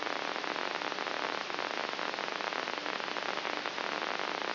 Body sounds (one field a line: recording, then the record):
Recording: brain microelectrode recording played as sound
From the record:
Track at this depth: inside the subthalamic nucleus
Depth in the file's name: 5.04 mm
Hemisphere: right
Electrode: 3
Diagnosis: Parkinson's disease